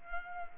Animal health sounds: mosquito wingbeat signal from an infrared sensor; Culex quinquefasciatus

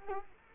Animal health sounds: mosquito wingbeat signal from an infrared sensor; Culex quinquefasciatus

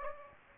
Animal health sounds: mosquito wingbeat signal from an infrared sensor; Aedes aegypti

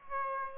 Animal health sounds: mosquito wingbeat signal from an infrared sensor; Aedes aegypti

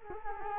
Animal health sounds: mosquito wingbeat signal from an infrared sensor; Culex quinquefasciatus

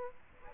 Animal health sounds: mosquito wingbeat signal from an infrared sensor; Aedes aegypti

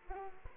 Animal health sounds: mosquito wingbeat signal from an infrared sensor; Culex quinquefasciatus

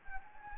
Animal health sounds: mosquito wingbeat signal from an infrared sensor; Anopheles gambiae

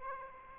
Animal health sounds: mosquito wingbeat signal from an infrared sensor; Aedes aegypti

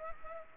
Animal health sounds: mosquito wingbeat signal from an infrared sensor; Culex pipiens

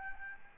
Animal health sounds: mosquito wingbeat signal from an infrared sensor; Aedes albopictus

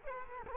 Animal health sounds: mosquito wingbeat signal from an infrared sensor; Culex quinquefasciatus

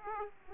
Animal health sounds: mosquito wingbeat signal from an infrared sensor; Aedes aegypti

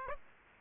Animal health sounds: mosquito wingbeat signal from an infrared sensor; Aedes aegypti

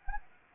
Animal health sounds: mosquito wingbeat signal from an infrared sensor; Anopheles arabiensis

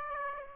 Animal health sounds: mosquito wingbeat signal from an infrared sensor; Aedes aegypti

